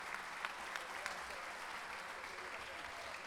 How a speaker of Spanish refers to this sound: De nuevo, un aplauso